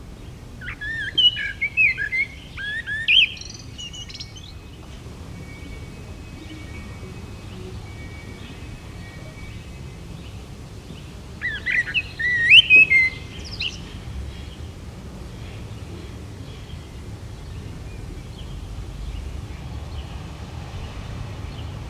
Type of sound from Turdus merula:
song